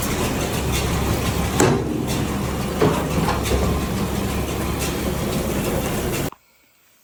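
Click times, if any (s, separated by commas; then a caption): none. The rear tailgate of a hay baler is closed onto its latch over a steady engine rumble, with a sharp bang at 1.6 s and smaller knocks near 2.8 s and 3.5 s. The latch has not caught or clicked; shims in the latch are suspected as the cause. The sound cuts to near silence at about 6.3 s.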